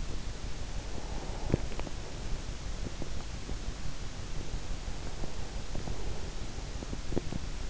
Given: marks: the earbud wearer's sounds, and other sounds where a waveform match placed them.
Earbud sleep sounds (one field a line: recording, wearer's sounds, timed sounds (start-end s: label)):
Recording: sounds in sleep by an in-ear microphone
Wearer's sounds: breath, teeth grinding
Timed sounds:
0.75-3.09 s: breath
1.01-2.12 s: teeth grinding
4.59-6.93 s: breath
6.98-7.70 s: teeth grinding